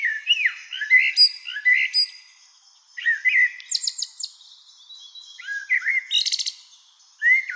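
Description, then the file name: Common blackbird song: several short fluted, slurred phrases with squeaky high notes, separated by brief pauses. "Turdus merula"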